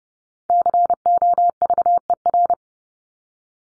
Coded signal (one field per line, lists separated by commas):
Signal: Morse code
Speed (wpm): 30 wpm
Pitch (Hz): 700 Hz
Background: none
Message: COVER